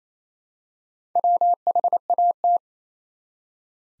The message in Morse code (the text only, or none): WHAT